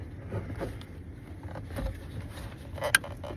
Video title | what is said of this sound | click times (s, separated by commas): 2015 Mazda CX5 Remote Starter Install | All right, there's the click. | 3.0 s